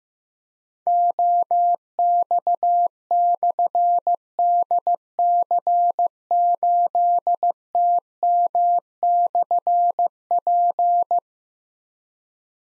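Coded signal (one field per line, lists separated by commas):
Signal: Morse code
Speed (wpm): 15 wpm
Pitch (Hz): 700 Hz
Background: none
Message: OX/DC8TM/P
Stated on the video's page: Morse drill of difficult slashed call signs at 15 wpm, each sent, then spoken, then sent again, for keyboard or pencil copy.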